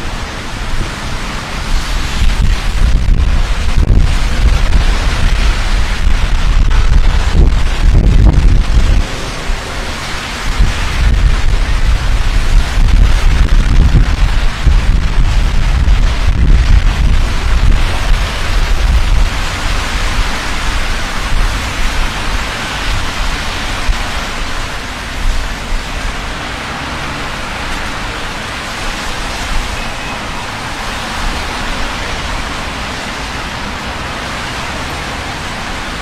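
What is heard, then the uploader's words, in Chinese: Walking through rain on a city street at night, with a dense, steady hiss of rainfall filling the whole clip. Heavy low rumbling surges between about 3 and 17 seconds, like passing traffic or wind, then the sound settles into a calmer, even patter. 晚上在城市街头的雨中行走。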